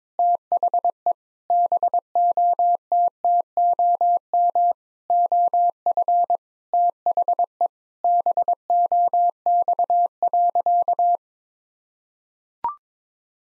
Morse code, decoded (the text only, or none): THE BOTTOM OF THE BOX.